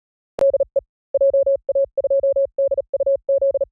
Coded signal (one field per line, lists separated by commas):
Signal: Morse code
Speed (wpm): 38 wpm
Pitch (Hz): 550 Hz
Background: none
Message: DE JA2DUZ